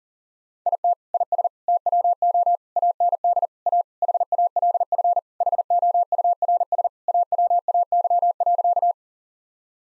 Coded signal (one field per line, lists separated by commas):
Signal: Morse code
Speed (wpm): 40 wpm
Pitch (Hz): 700 Hz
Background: none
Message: IT IS TWO AND A HALF HOURS AWAY.